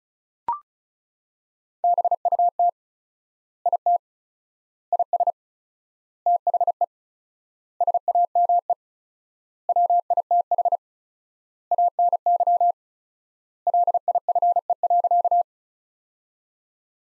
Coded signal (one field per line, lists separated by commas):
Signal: Morse code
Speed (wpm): 36 wpm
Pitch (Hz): 700 Hz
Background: none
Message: BUT IT IS THE SAME WITH ANY LIFE.